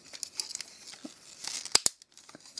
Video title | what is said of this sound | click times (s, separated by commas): Transformers - Reveal the Shield - Percepter - FULL HD | Die werden dann ineinander gesteckt, bis es knackt. | 1.8 s